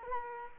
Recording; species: mosquito wingbeat signal from an infrared sensor; Culex quinquefasciatus